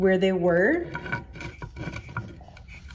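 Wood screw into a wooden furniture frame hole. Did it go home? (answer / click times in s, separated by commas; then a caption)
no / none. Someone talks briefly, then a rusted screw with an unthreaded middle section is turned back into its original hole in a wooden furniture frame, making a dry rasping, rubbing sound with small sharp ticks between about 1.4 and 2.9 seconds. The screw spins in the stripped hole without biting, and nothing has seated or clicked yet.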